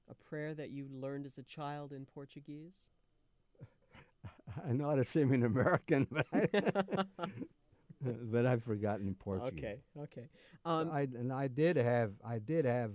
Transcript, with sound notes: A prayer that you learned as a child in Portuguese?
I know how to say them in American! [Both laugh] But I've forgotten in Portuguese.
Okay, okay.
And I did have, I did have